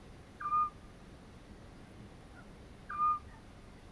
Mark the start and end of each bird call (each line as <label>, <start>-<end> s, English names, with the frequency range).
Eurasian Scops Owl (1.0-2.6 kHz), 0.39-0.71 s
Eurasian Scops Owl (1.0-2.6 kHz), 2.88-3.21 s